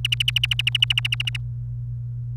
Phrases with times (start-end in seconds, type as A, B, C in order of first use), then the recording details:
0.04-1.37 A. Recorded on 28 April 2018 at 16:25. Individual llb3